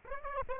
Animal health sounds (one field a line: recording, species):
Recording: mosquito wingbeat signal from an infrared sensor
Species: Aedes aegypti